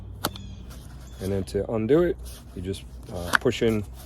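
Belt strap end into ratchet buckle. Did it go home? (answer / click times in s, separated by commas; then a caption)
yes / 0.2 s, 0.4 s. A Kore Essentials battle belt's cut strap end is pushed into its ratchet buckle, which clicks as it locks in at 0.2 s and 0.4 s. Someone talks afterward.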